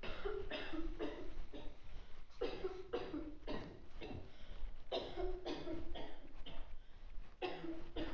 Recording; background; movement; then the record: deep breathing; a bystander coughing; walking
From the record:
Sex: male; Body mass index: 20.5 kg/m2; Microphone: on the chest, facing outward